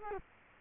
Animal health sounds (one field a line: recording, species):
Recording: mosquito wingbeat signal from an infrared sensor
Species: Culex quinquefasciatus